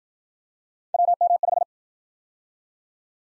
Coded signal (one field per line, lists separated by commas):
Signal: Morse code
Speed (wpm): 53 wpm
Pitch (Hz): 700 Hz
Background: none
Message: WM5